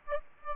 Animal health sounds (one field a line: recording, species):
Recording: mosquito wingbeat signal from an infrared sensor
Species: Aedes aegypti